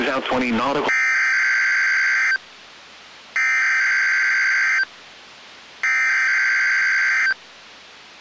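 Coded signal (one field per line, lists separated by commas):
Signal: Emergency Alert System (SAME) tones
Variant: header bursts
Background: speech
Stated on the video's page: NOAA Weather Radio required weekly test.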